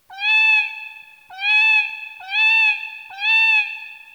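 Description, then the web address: Cat meowing four times in a row, each a clear, harmonic-rich meow that rises slightly then falls, repeated about once a second with short gaps between. "asahi music myuu. cat"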